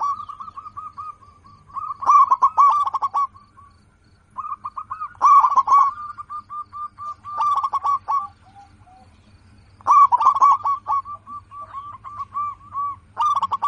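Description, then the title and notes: Zebra dove song in repeated phrases, each a rapid rolling burst of coos followed by a string of separate soft notes, over a steady low hum. Local zebra dove (perkutut lokal), said to be in full voice (gacor) with a loud, crystal-clear voice. "PERKUTUT LOKAL GACOR Suara KRISTAL LANTANG. Kicau Burung Perkutut"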